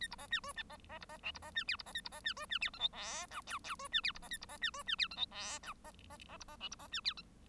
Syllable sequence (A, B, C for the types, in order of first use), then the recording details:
A B C D E C C B C F B C D G B C A B C D E D G H I J K L L E D G B C A B C D E D G H I J K C C C B C F B C D G H. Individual Bird1